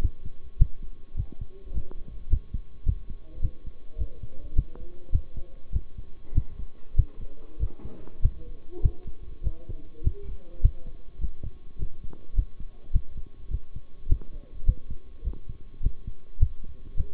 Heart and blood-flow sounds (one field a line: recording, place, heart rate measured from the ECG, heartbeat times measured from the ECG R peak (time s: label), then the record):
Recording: heart sounds by stethoscope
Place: between the tricuspid and mitral areas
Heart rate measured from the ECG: 103 bpm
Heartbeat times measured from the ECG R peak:
0.01 s: heartbeat
0.59 s: heartbeat
1.17 s: heartbeat
1.74 s: heartbeat
2.30 s: heartbeat
2.86 s: heartbeat
3.42 s: heartbeat
3.98 s: heartbeat
4.55 s: heartbeat
5.12 s: heartbeat
5.72 s: heartbeat
6.34 s: heartbeat
6.96 s: heartbeat
7.59 s: heartbeat
8.22 s: heartbeat
8.82 s: heartbeat
9.43 s: heartbeat
10.03 s: heartbeat
10.62 s: heartbeat
11.21 s: heartbeat
11.79 s: heartbeat
12.36 s: heartbeat
12.93 s: heartbeat
13.50 s: heartbeat
14.08 s: heartbeat
14.66 s: heartbeat
15.24 s: heartbeat
15.82 s: heartbeat
16.39 s: heartbeat
16.97 s: heartbeat
From the record:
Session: bicycle stress test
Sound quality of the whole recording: good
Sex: male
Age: 23 years